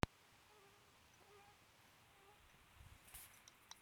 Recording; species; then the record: mosquito flight sound by mobile phone; Aedes sierrensis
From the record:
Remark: free flight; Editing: field recording with all noises